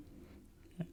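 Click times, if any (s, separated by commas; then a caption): 0.8 s. A plastic retaining clip on the engine air filter housing of a 1995 Olmodsible Aurora is pressed back on, with a quiet low rumble in the background. A single sharp click sounds at 0.8 s as the clip snaps shut, confirming the housing is fully secured.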